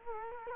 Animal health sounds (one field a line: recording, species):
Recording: mosquito wingbeat signal from an infrared sensor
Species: Culex quinquefasciatus